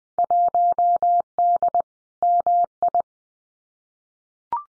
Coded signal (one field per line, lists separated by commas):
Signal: Morse code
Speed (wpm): 20 wpm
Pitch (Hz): 700 Hz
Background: none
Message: 1D MI